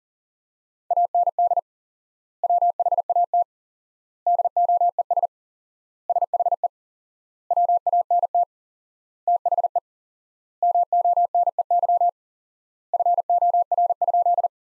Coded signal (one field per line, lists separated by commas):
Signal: Morse code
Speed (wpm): 40 wpm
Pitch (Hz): 700 Hz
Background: none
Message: AND WHAT DOES SHE WANT THE MONEY FOR?